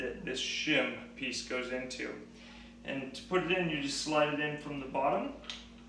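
A plastic seatpost shim is slid up from the bottom into the seat tube of a carbon Canyon Endurace CF SLX 9.0 bicycle frame while someone talks throughout. Nothing has seated or clicked yet; the clip ends just before the shim snaps into place.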